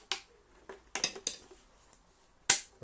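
A flat-blade screwdriver levers a spring clip into its small divot on the bar of a Dyson DC24 vacuum cleaner's ball/yoke assembly, with several short taps and scrapes around 0.1, 1.0 and 1.3 s. A loud, sharp snap at 2.5 s marks the spring seating and sticking in place, leaving a bouncy bar.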